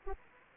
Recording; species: mosquito wingbeat signal from an infrared sensor; Anopheles arabiensis